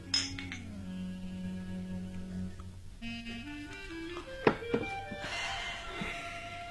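Soft melodic music plays throughout, and partway through a single sharp, bright clink of glasses raised in a toast rings out above it, followed by a few faint knocks.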